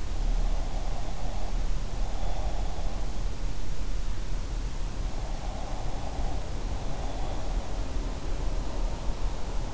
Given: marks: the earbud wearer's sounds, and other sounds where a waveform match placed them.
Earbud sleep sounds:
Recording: sounds in sleep by an in-ear microphone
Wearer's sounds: breath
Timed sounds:
0.00-3.00 s: breath
5.13-7.84 s: breath

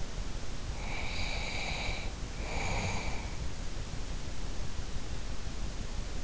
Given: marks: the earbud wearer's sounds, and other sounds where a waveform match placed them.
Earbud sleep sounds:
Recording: sounds in sleep by an in-ear microphone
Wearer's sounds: breath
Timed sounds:
0.71-3.28 s: breath

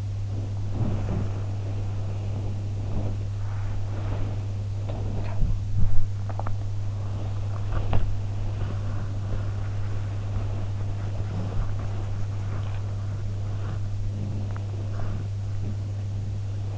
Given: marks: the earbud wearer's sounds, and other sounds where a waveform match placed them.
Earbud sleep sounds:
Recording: sounds in sleep by an in-ear microphone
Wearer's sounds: body movement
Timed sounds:
0.41-16.78 s: body movement

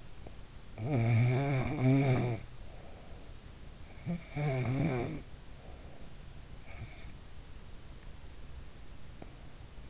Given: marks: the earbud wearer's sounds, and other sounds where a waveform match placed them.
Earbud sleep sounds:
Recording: sounds in sleep by an in-ear microphone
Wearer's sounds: snoring breath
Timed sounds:
0.00-3.02 s: snoring breath
3.31-6.34 s: snoring breath

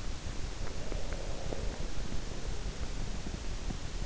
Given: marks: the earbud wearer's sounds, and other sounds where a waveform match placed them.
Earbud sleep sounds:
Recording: sounds in sleep by an in-ear microphone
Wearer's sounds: breath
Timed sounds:
0.28-3.66 s: breath

